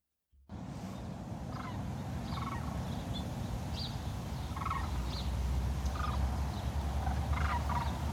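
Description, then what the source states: Cranes giving repeated rolling calls, with small birds chirping and a steady low rumble underneath. Cranes flying overhead on their return migration.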